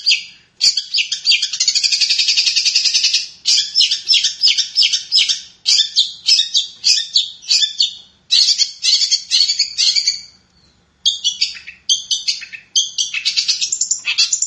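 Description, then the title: Long-tailed shrike pouring out a dense, varied medley of harsh trills, chattering phrases and sharp high notes, with brief breaks between bursts. Combination song. "Cendet Kombinasi"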